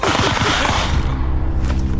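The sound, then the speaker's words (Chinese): A sudden burst of gunfire: loud, sharp cracks fire in rapid succession for about a second, then give way to a low, steady droning rumble with no talking. “突然而来的枪声立刻让冷锋等人警觉起来。”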